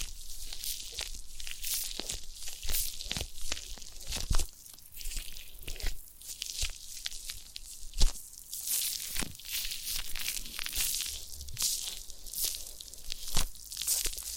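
Ear cleaning and massage sounds: steady bright crinkling and rubbing, with sharp scratchy bursts every second or so and firmer taps near four and eight seconds.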